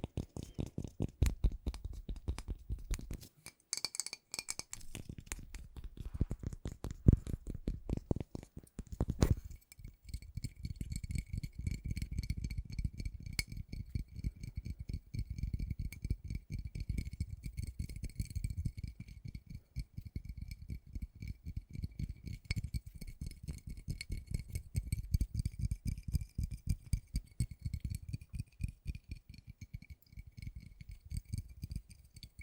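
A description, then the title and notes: Fast, dense tapping runs the whole way, with soft low thuds under crisp clicks and a brief pause near the four-second mark. After about nine seconds a steady glassy ring rises and lingers beneath the continuing taps. ASMR Addictive Tapping.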